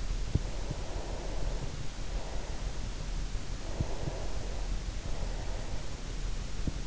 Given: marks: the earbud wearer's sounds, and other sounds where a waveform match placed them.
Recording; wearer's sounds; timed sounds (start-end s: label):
sounds in sleep by an in-ear microphone; breath
0.60-3.33 s: breath
3.85-6.45 s: breath